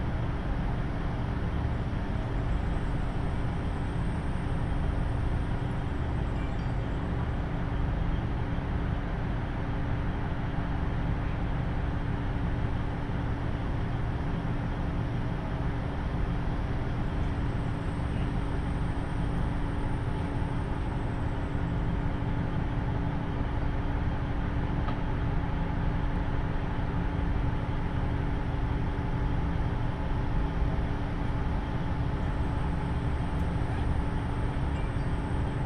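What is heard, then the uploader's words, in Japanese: A KiHa 75 diesel railcar runs on the Taita Line between Mino-Ota and Tajimi, with a steady, dense rumble of engine and wheels that holds an even level throughout. A low engine drone and a thin high whine sit on top, and a faint hiss swells up now and then. 耳で楽しむ鉄道旅 太多線 美濃太田→多治見キハ75。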